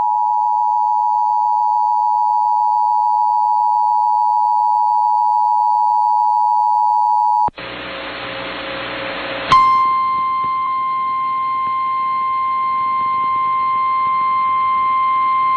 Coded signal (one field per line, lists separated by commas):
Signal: Emergency Alert System (SAME) tones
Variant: 853 and 960 Hz attention tone